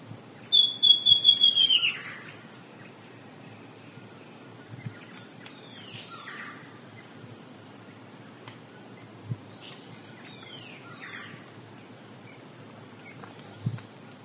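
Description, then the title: Southern chestnut-tailed antbird song, a brief high series of descending notes at the start, followed by quieter scattered bird notes and occasional soft low thumps. Nominate subspecies hemimelaena. "LuckyPassaro Completos2Sama. Southern Chestnut-tailed Antbird (Myrmeciza hemimelaena hemimelaena)"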